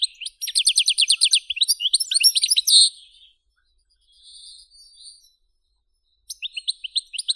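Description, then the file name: European goldfinch song: a fast run of bright, tinkling twitters for about three seconds, a short quieter passage, a pause, then the twittering resumes. "Golosa ptic - CSHegol Carduelis carduelis"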